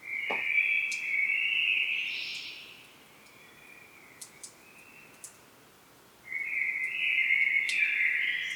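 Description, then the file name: Common blackbird song: a mellow warbled phrase rising into a higher squeaky ending, a quiet gap with faint clicks, then another rich fluty phrase. "Turdus merula"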